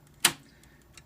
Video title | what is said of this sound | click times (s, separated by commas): Dell R610 - Upgrading RAID Controller from Perc 6/i to H700 | all you do is push the card towards you and it will lock into place | 0.2 s